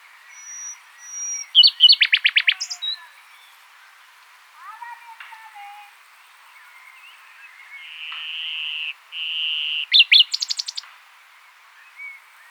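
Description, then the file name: Common nightingale singing a varied phrase: a high pure whistle, a fast rattling trill, soft slurred notes, two long steady whistles, then another rapid trill. "Luscinia megarhynchos"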